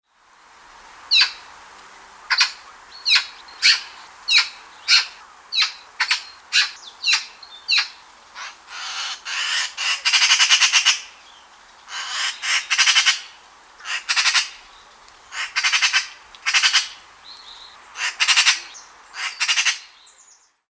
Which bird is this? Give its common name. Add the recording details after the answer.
Eurasian Magpie. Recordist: Tembrock, Günter. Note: Rufe